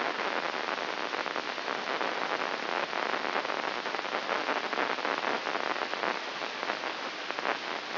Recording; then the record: brain microelectrode recording played as sound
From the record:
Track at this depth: inside the subthalamic nucleus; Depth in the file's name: 4.602 mm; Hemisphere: right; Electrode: 2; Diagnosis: Parkinson's disease